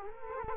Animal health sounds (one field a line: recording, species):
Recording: mosquito wingbeat signal from an infrared sensor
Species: Culex quinquefasciatus